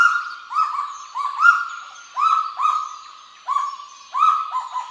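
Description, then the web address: Kagu calling with notes that jump upward then hold, grouped in short bouts, with a few quieter overlapping notes. "sound Kagu. صدای-پرنده-کاگو"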